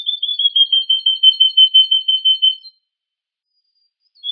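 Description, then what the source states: Canary song, a rapid pulsing trill of repeated whistled notes lasting under three seconds, then silence before a short note at the end. A combination of Yorkshire and Russian canary songs.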